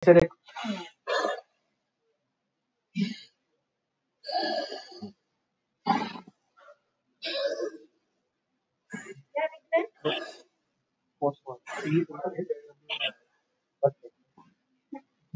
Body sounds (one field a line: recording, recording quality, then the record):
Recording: deep breathing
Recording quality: excellent, no background noise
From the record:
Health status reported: COVID-19 positive, no symptoms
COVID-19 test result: positive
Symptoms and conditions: none ticked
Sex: female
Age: 36 years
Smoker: not ticked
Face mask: not worn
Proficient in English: yes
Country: India